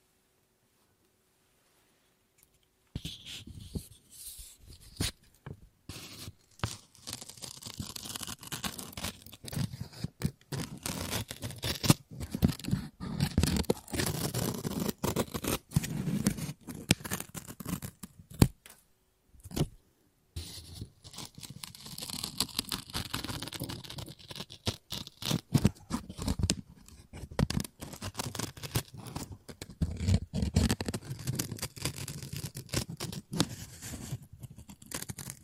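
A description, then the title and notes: Scissors snip and cut through paper, starting after about three seconds of silence. The crisp, bright cuts come in quick, uneven bursts with papery rustling between them, pausing briefly near eighteen and twenty seconds before continuing steadily to the end. ASMR Scissors No Talking Snips and Cutting Paper.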